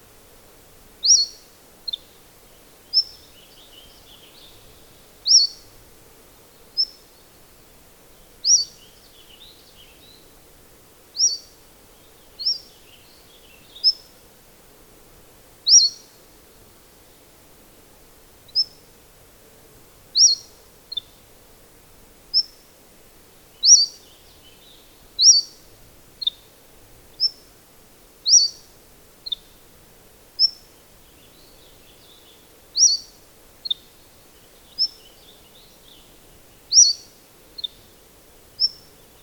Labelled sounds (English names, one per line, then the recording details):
Western Flycatcher song
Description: Cordilleran Flycatcher song recorded on the Gem Lake Trail in Rocky Mountain National Park
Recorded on 22 June 2015